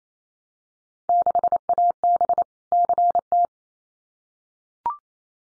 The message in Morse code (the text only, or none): 6AB CT